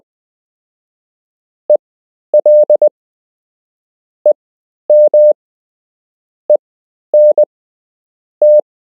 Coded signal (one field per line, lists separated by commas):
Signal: Morse code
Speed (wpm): 20 wpm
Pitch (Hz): 600 Hz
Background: none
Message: ELEMENT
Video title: You can learn Morse code - Part 5